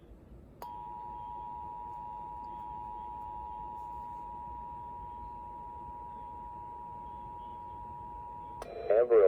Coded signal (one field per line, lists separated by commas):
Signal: Emergency Alert System (SAME) tones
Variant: 853 and 960 Hz attention tone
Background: speech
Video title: Montana Amber Alert {EAS #51}